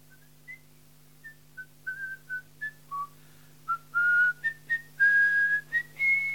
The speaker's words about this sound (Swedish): Han blev så uppspelt att han började vissla och sjunga.